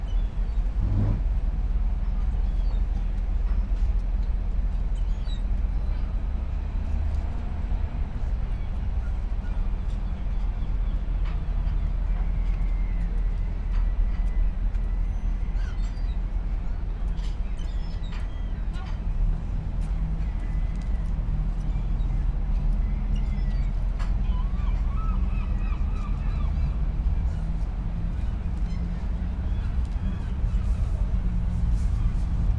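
A steady low rumble, like an idling boat engine or traffic, holds at an even level through a calm day on a harbour pier. Faint voices and brief chirps drift in now and then, with scattered small knocks and clicks.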